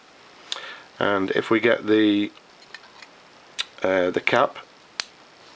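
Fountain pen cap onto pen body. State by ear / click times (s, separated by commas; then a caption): seated / 5.0 s. The solid silver cap of an A.T. Cross Limited Edition Silver International Tennis Hall of Fame fountain pen is pushed onto the pen body, which has never been used and is in brand new condition. Someone talks, faint handling taps follow, and the cap snaps home with a sharp click at 5.0 s, seating firmly in place.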